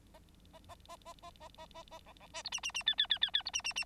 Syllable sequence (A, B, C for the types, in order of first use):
A A A A A A A A A B B C D E E E F F F F F D E E E